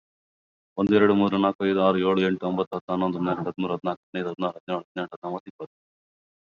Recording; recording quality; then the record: counting at a fast pace; moderate, slight background noise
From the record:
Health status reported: COVID-19 positive, no symptoms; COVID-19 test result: positive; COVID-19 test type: RT-PCR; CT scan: not taken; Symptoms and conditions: ischaemic heart disease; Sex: male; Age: 45 years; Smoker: yes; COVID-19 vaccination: one dose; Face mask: worn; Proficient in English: no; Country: India